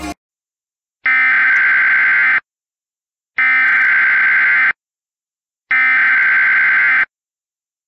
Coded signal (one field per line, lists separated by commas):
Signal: Emergency Alert System (SAME) tones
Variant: header bursts